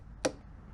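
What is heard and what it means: The plastic locking retaining clip on the mass airflow sensor connector is pushed in after the connector is seated, during a cold air intake install on a 2010–2015 Camaro SS. One sharp, bright click sounds at 0.3 s against a quiet background. The clip snaps in and is seated.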